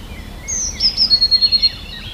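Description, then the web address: Eurasian blue tit gives a single song, a high drawn-out note falling into a short ringing trill. "wroblowe teka spiew. modraszkoteka"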